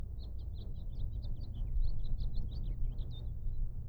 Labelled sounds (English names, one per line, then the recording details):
House Finch song
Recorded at Atlantic Beach West on Long Island, New York, on 2 June 1975
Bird A